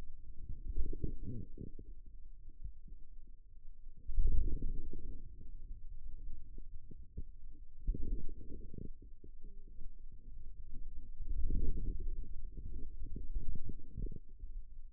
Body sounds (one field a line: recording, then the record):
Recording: forearm muscle sounds (acoustic myography)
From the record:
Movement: wrist extension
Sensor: system 2, bracelet of six BSWA MPA416 microphones around the upper forearm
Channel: 6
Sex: male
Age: 22 years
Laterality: right